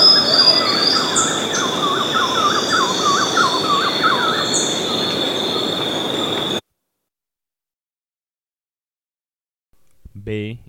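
Bird chirps in a quick, regular run of short notes for several seconds over a steady high tone, then silence, ending with a brief low sound.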